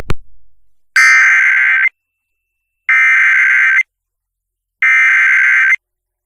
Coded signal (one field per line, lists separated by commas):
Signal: Emergency Alert System (SAME) tones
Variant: header bursts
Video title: EAS COMPILATION LAREDO, TX APRIL 23 2023 SEVERE THUNDERSTORM/FLASH FLOOD WARNINGS (EAS #70-80)